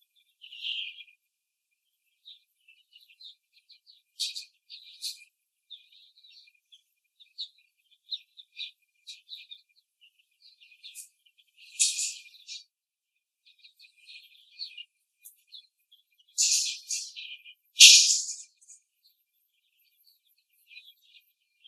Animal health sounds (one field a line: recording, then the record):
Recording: young laying hens in a cage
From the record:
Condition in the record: before the stressor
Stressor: simulated dog barking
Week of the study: 3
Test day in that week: 2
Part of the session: 4